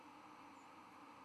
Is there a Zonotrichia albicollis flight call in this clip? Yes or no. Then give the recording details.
no. No flight call is heard. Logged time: 23:52 on 10 November 2014